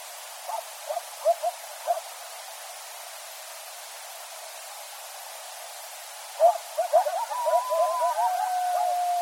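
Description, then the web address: Coyote yips come in a quick cluster, then a long pause, then a burst of excited yipping that gives way to a drawn-out howl with a fainter one above it. Several coyotes recorded at night on 14 January 2013. "sounds mammals Coyote 2013 01 14 Coyotes"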